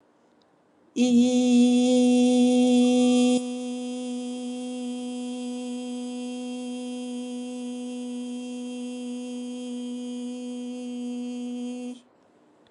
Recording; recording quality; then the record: sustained vowel as in beet; excellent, no background noise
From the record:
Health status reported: recovered from COVID-19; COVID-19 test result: positive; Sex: female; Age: 38 years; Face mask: not worn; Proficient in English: yes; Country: India